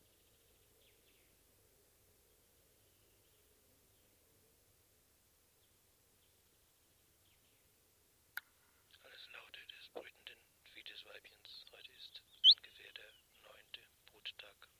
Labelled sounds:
Willow Warbler
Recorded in the wild
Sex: pair
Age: adult
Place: Spitzberg, Tübingen, Baden-Württemberg, DE
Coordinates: 48.5167, 9.01667
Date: 1968-05-09
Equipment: Kapselmikrophon, LGS26
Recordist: Schneider, Hans-Joachim

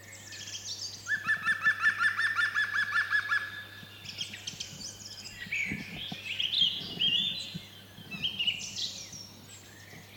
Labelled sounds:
European Green Woodpecker
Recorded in the wild
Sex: male
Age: adult
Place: Teerofenbrücke, Nationalpark Unteres Odertal, Brandenburg, DE
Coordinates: 53.1322, 14.3536
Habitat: wood
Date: 2021-05-17 16:08
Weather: cloudy, no wind, 15°C
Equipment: Sound Devices 702, Sennheiser MKH 415 T, Rhode Windschutz
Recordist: Frommolt, Karl-Heinz
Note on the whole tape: Gelände der Wildnisschule Teerofenbrücke - Rufe eines Grünspechtes

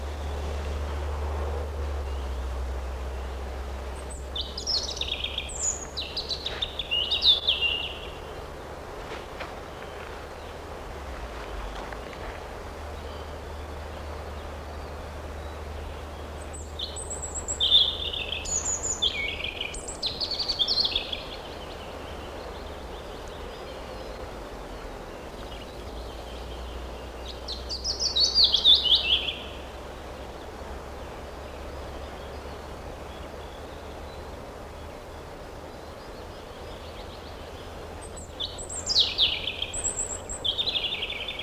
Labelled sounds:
European Robin
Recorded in the wild
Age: adult
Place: Göhrde, Niedersachsen, DE
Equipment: Halbspur, 9,5 cm/s
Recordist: Lütgens, Hans

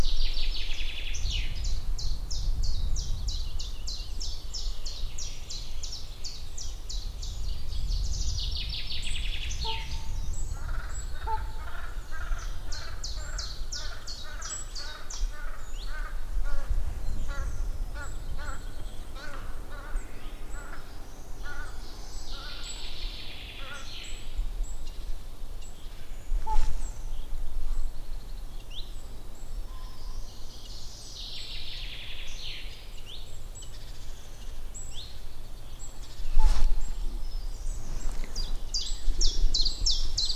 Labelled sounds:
Common Chiffchaff song
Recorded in the wild
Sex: male
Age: adult
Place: Waldsieversdorf, Rotes Luch, Brandenburg, DE
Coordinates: 52.5408, 14.0453
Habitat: wood
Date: 1992-04-30 10:30
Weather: fair, 15°C
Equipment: Aiwa HD-S1, Sennheiser ME 80
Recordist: Frommolt, Karl-Heinz

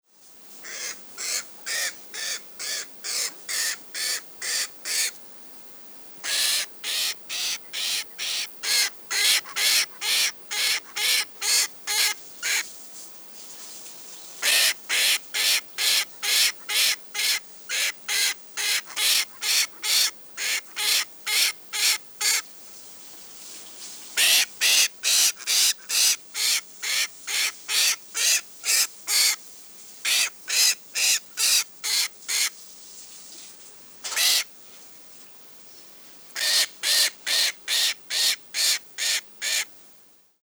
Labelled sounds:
Mountain Caracara
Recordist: Tembrock, Günter
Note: Subadult: Lautfolge

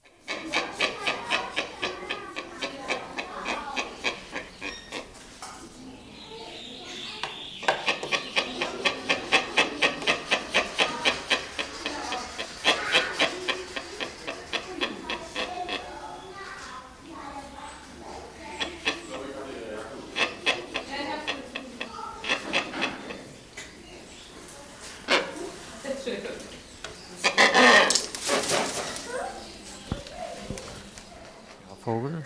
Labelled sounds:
Wreathed Hornbill call
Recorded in captivity
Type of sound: call sequence
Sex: pair
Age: adult
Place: Zoo Berlin, Berlin, DE
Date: 1997-01-26 16:13
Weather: heiter, 3°C
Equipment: Nagra SN, Kopie Uher 4000 Report Monitor
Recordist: Tembrock, Günter
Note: Paar: Weibchen mit Lautfolgen, vor dem Männchen sitzend, weicht dann aus, Männchen Doppellaut (Entfernung ca. 1 m)

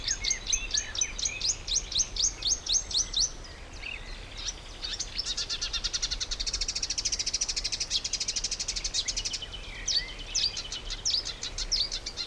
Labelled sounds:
Marsh Warbler
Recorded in the wild
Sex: male
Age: adult
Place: Blankenfelde, Tegeler Fließ, Berlin, DE
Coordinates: 52.645, 13.395
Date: 1992-05-30 12:31
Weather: sonnig, heiter bis wolkig, 20-24°C, böiger Wind
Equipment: Marantz CP 430, Sennheiser ME 80, K 30 AV, Kopie Tesla B 116
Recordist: Tembrock, Günter

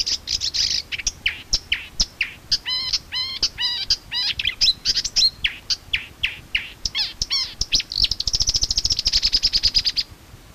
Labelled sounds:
Marsh Warbler song
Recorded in the wild
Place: Schweinsberg, DE
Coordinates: 50.765, 8.9675
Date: 1964-05-25 00:00
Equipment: Uher Report 4000, AKG D190
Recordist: Krey, Winfried
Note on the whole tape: Gesang

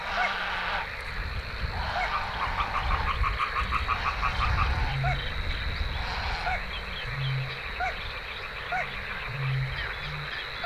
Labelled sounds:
Little Crake
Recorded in the wild
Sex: male
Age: adult
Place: Kützerhof, Kummerower See, Mecklenburg-Vorpommern, DE
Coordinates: 53.8561, 12.8647
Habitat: wetland
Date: 2010-06-06 23:33
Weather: clear, 15°C, weak northerly winds
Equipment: Sound Devices 702, Sennheiser MKH 70, Rycote Windschutz
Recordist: Frommolt, Karl-Heinz

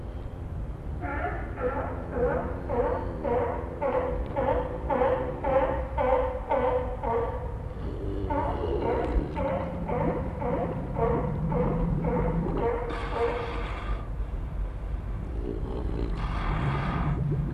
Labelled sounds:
Harbor Seal
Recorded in captivity
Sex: male
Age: adult
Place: Zoo Berlin, Berlin, DE
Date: 1961-01-14 16:30
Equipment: Minifon, Kopie Smaragd
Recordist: Tembrock, Günter

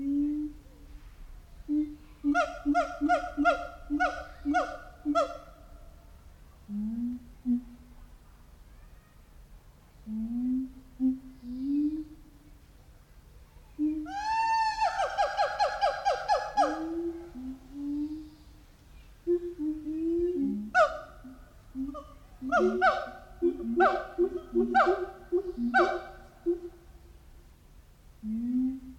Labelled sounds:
Siamang
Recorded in captivity
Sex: diverse
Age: diverse
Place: Zoo Berlin, Berlin, DE
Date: 1993-07-17 10:50
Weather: 20-22 °C, heiter-wolkig
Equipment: Marantz CP 430, Sennheiser ME 80, Kopie Uher Variocord 263
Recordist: Tembrock, Günter

